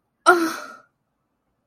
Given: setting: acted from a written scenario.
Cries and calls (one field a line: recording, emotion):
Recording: vocal sound without words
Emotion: negative surprise